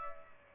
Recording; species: mosquito wingbeat signal from an infrared sensor; Aedes aegypti